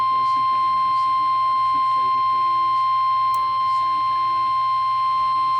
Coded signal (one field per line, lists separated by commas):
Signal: Emergency Alert System (SAME) tones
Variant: 1050 Hz attention tone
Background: speech